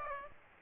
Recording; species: mosquito wingbeat signal from an infrared sensor; Aedes aegypti